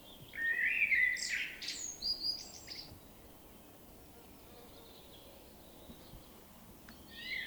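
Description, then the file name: Common blackbird song: a mellow fluted warble sliding around a mid pitch, ending in a high squeaky twitter, then a long quiet pause with a faint note at the end. "Turdus merula"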